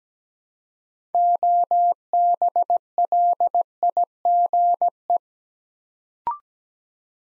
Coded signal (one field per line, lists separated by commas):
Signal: Morse code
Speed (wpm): 17 wpm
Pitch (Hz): 700 Hz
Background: none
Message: OBLIGE